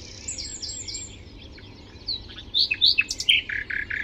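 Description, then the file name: Common nightingale song: a burst of loud, rapid varied notes and short repeated whistles. "Luscinia megarhynchos"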